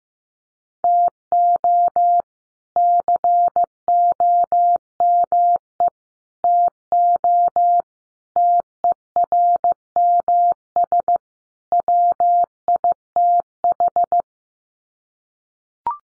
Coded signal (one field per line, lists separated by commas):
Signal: Morse code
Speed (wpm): 15 wpm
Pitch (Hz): 700 Hz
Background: none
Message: TO COME TO TERMS WITH